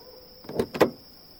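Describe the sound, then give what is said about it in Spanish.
A car door opens as a man gets out of the car, two quick mechanical clunks in close succession, the latch releasing and then the door swinging, over a faint steady high-pitched hum. “Extrañado, salió del coche para ver si la divisaba.”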